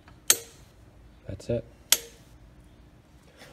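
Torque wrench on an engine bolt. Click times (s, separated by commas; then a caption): 0.3 s. A torque wrench tightening a bolt on a Coolster dirt bike engine gives a loud, sharp click at 0.3 s, showing it has reached its 100 inch-pound setting. Someone talks, and another sharp transient follows at 1.9 s.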